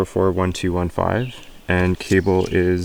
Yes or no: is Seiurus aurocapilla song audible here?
no